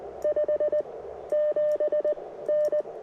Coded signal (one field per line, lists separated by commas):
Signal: Morse code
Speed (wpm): 20 wpm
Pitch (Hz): 620 Hz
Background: radio noise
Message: 5 7N